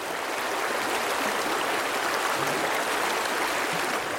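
A steady, unbroken rush of the flowing Amazon River, a dense hiss that holds at an even loudness throughout with no voices over it.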